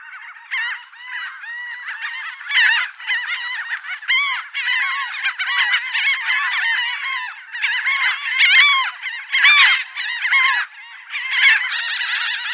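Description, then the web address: Laughing gull calls, nasal laughing yelps with rising and falling notes in overlapping bursts throughout. "Laughing Gull"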